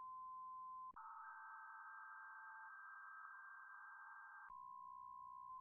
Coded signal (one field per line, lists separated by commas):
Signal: PSK63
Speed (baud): 62.5 baud